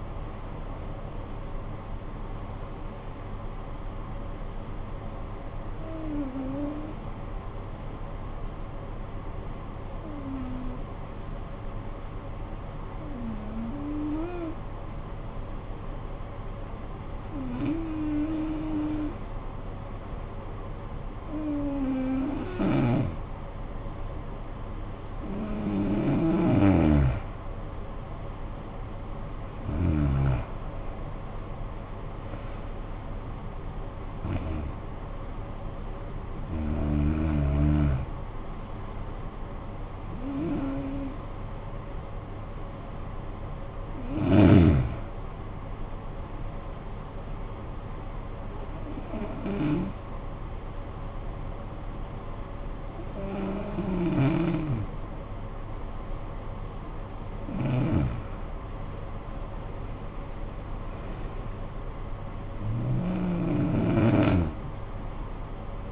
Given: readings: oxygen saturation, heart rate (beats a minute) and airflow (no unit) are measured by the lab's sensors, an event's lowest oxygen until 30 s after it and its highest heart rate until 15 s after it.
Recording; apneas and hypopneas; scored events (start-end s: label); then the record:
breathing in sleep by a smartphone at the bedside; 2
7.00-23.30 s: hypopnea (N2, oxygen 95% highest, then 88% lowest, heart rate 49 at the start, 60 highest)
48.00-61.50 s: hypopnea (N2, oxygen 95% highest, then 90% lowest, heart rate 57 at the start, 62 highest)
From the record:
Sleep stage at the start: N2 (light sleep); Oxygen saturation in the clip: 87 to 95%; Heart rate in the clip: 49 to 62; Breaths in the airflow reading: 16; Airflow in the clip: -13.4 to 12.0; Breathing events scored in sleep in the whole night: 445 in 7.6 hours asleep